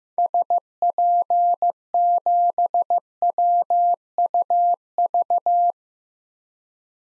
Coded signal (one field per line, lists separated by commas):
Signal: Morse code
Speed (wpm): 15 wpm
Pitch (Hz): 700 Hz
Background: none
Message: SP7WUV